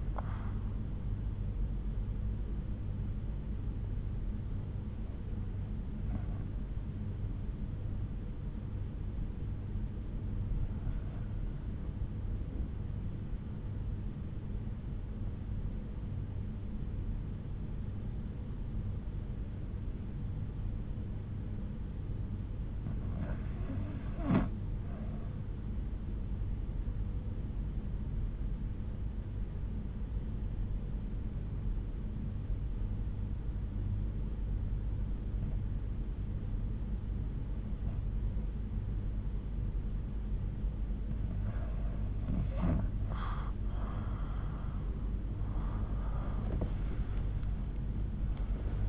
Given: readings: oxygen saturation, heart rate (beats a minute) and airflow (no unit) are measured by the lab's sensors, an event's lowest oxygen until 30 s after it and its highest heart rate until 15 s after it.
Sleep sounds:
breathing in sleep by a smartphone at the bedside; 1
27.00-42.80 s: obstructive apnea (REM, oxygen 93% highest, then 80% lowest, heart rate 70 at the start, 88 highest)
From the record:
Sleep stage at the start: REM sleep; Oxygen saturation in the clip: 81 to 95%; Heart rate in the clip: 63 to 79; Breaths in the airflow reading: 5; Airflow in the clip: -12.0 to 12.6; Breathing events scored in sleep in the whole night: 368 in 8.0 hours asleep

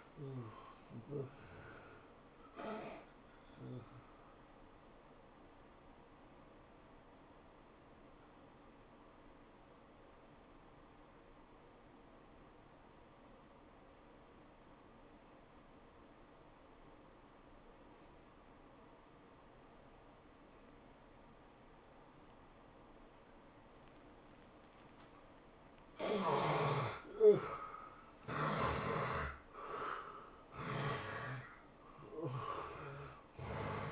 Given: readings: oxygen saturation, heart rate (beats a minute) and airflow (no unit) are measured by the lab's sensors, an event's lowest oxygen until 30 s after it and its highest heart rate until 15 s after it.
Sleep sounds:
breathing in sleep by a voice recorder at the bedside; 1
6.00-26.20 s: obstructive apnea (N1, oxygen 90% highest, then 74% lowest, heart rate 93 at the start, 108 highest)
From the record:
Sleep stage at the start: N1 (lightest sleep); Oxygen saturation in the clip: 73 to 91%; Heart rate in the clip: 80 to 109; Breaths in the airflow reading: 4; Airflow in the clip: -15.4 to 11.1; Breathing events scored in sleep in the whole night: 403 in 5.5 hours asleep

